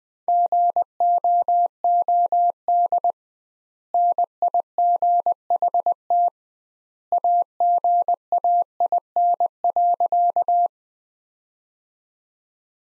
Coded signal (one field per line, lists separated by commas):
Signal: Morse code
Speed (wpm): 20 wpm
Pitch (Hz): 700 Hz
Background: none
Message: GOOD NIGHT AGAIN.